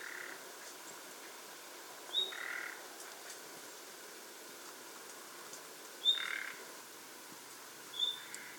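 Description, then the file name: Common nightingale calls, softer: three thin, high whistles and several rough, croaking rasps spaced irregularly over nearly nine seconds, with low steady hiss. "Luscinia megarhynchos"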